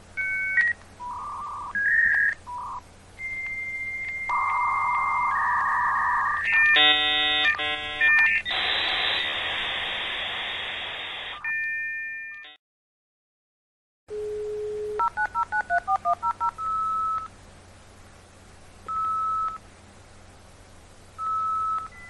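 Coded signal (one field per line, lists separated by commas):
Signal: dial-up modem handshake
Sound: beeping tones, a steady whistle, buzzy warbling bursts, then loud hiss, pause, more beeps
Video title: Modem Sound Effect 1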